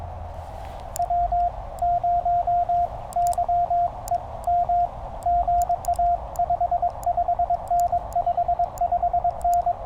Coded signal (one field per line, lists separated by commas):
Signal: Morse code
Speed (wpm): 22 wpm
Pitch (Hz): 700 Hz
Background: radio noise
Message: W0YEM GA 55N 55N